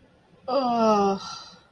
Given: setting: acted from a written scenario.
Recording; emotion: vocal sound without words; disappointment